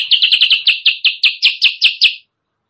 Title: Masteran Kutilang Sutra. suara pikat kutilang sutra kutilang sutra gacor